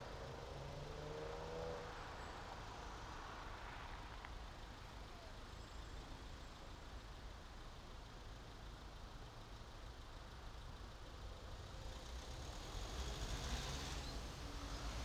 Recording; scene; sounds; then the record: everyday scene through a hearing-aid microphone; in traffic; traffic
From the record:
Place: main city hub, rush hour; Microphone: in the ear canal, right